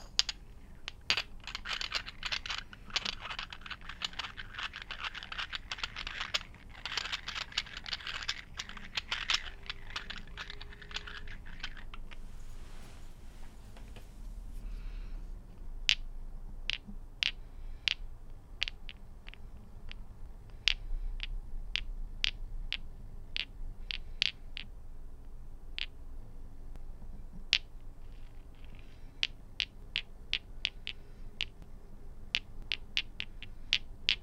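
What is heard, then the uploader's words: Busy rummaging through a bag fills the first twelve seconds with dense, bright clattering and rustling. After a brief pause, sharp glassy clicks follow at irregular intervals, often in quick pairs or clusters, like marbles knocking together, over a faint low hum. Mainly glass and metals. Rummaging through a bag of nail polish. Gathering up a handful of marbles.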